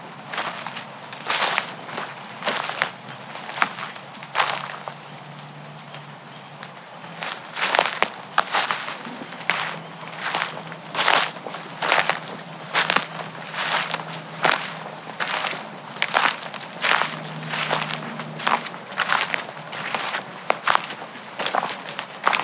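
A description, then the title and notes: Footsteps crunch steadily through dry leaves and twigs on an early evening walk in the woods, landing regularly about once a second for the whole stretch. Beneath them sits a constant low, faint rumble with a soft background wash. West Michigan Woods and Stream.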